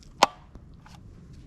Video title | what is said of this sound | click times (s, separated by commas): DeWALT 16" Battery Powered Chainsaw - Why I got one! | Do you hear that? It's got to be clicked into place. | 0.2 s